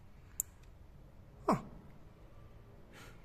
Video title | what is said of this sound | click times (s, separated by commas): Two dudes fixing idling issue on Passat B3 Greek Version. | satisfying click yes | 0.4 s